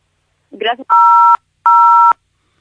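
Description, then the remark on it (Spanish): During a phone call with a caller in Brazil, a brief snatch of voice is cut short just at the goodbye, followed by two loud, steady beeps of a telephone line tone, each about half a second long with a short gap between, as the call drops. “Bien, ahí bueno, se nos cortó justo al momento del saludo”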